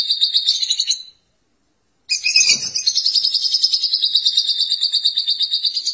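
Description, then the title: Lovebird chatter: a high buzzy trill, a pause of about a second, then a sharp chirp leading into a steady rapid pulsing trill. "Suara Burung Lovebird"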